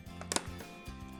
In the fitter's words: now I can actually pick it up because it's locked in there